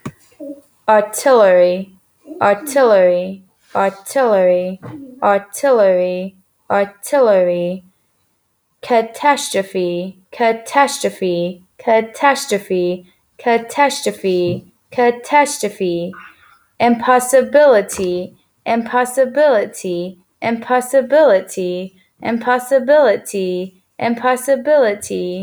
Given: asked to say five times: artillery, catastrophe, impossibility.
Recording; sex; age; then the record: three words, each repeated; female; 20 to 29 years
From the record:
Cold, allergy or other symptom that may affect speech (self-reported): no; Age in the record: 25 years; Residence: Texas, United States